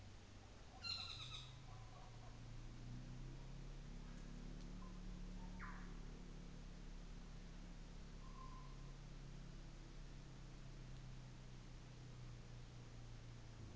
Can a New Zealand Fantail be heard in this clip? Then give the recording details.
no. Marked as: faintness 1/5. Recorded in New Zealand on 24 December 2018. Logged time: 17:45